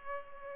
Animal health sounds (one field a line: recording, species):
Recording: mosquito wingbeat signal from an infrared sensor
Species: Culex pipiens